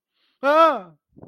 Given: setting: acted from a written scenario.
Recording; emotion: vocal sound without words; fear